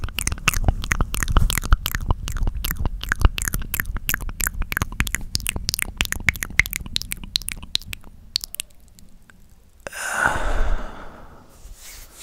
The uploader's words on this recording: ASMR The MOST Accurate MOUTH Sounds ($1 Mic VS $200 Mic).